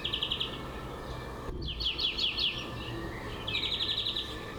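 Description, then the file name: European greenfinch song with a rapid trill, then a quick series of chirpy notes, and another rattling trill at the end; soft background rumble. "Chloris chloris"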